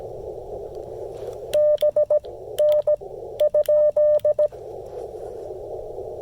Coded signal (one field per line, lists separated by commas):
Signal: Morse code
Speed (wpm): 16 wpm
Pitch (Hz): 600 Hz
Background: none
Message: B N ?